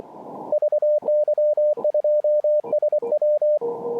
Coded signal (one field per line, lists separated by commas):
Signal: Morse code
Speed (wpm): 23 wpm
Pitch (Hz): 600 Hz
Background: radio noise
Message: VY2SW